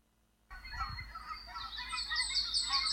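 Goose: geese giving many overlapping honks in a loose chorus.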